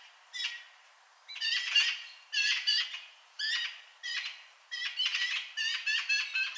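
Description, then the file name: Eurasian magpie chattering: harsh, rattling bursts of clipped notes in rapid series, repeated roughly every second, growing busier toward the end. "Pica pica"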